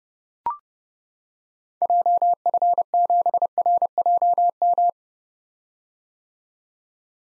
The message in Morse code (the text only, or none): JF7RJM